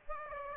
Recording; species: mosquito wingbeat signal from an infrared sensor; Aedes aegypti